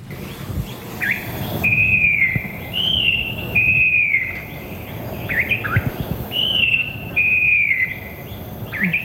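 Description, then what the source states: Falcated wren-babbler song, loud clear whistled notes, some held level and others slurring up or down, given in repeated phrases every second or two over faint background hiss. Loud song, played from an old cassette tape being digitized.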